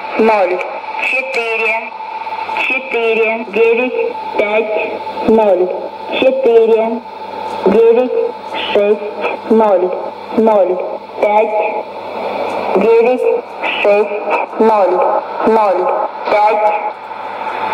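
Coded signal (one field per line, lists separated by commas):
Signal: numbers station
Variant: S06s, Russian female voice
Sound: female voice reading short evenly spaced words, likely Russian numbers, over radio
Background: radio static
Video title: 21 09 2016 Number station S06s Russian Lady to Eu 0834 on 9255 unknown tx site CUSB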